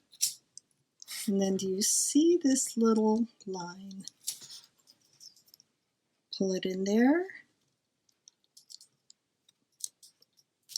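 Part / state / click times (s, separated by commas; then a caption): bobbin thread into bobbin case tension spring slot / seated / 10.8 s. On a Bernina 930 sewing machine, the bobbin thread is pulled through the slot of a metal front-loading bobbin case so that it slips under the tension spring, while someone talks. Faint small clicks are heard, then a small snap at 10.8 s as the thread seats under the tension spring.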